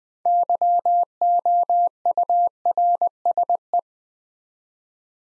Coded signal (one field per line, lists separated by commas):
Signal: Morse code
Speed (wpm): 20 wpm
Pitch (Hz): 700 Hz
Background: none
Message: YOURSE